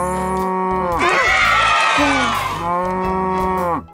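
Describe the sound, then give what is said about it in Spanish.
A cow moos in one long, loud, continuous call lasting nearly four seconds, rising into a strained, rough middle before settling back to a steadier low drone. “¿saben qué animal hace mu? ¡Es la vaca Lola!”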